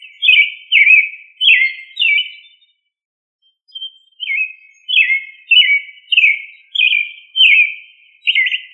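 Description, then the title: Thrush song: a series of loud, sweet descending notes, broken by one short pause, with no other sounds. "Familia Turdidae - Sabia"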